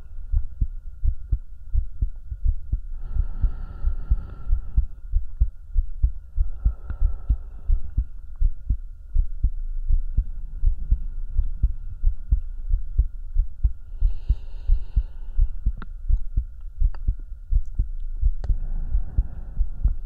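Close-up ASMR heartbeat with breathing, as if the listener's head is hugged against the chest: a steady adult heartbeat at about 85 beats per minute with a low constant hum, and soft breaths drawn in and out at intervals.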